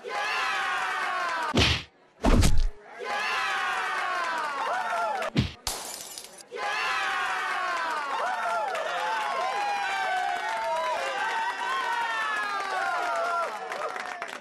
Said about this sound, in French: Dans une grande colère, Antoine saute sur le shérif et une grande bataille éclate. Antoine donne des grands coups de poing sur le shérif.